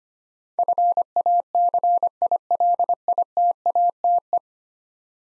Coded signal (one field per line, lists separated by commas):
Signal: Morse code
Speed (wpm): 25 wpm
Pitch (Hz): 700 Hz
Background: none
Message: FACILITATE